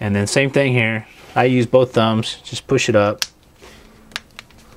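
Someone talks while the second half of a plastic case is pushed up onto an iPhone 3G with both thumbs. Sharp snaps are heard at 4.2 s and 4.4 s. The case part is seated.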